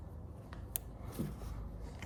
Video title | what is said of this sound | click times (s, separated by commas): Hyundai Tucson Replacement Backup Camera 2016-2017 (Full Guide) | Once you hear that click, then it should be connected. | 0.8 s